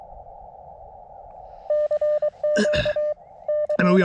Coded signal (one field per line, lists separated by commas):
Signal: Morse code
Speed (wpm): 24 wpm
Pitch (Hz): 600 Hz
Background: speech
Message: CQ K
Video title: Exercise in frustration: CW POTA at Letchworth State Park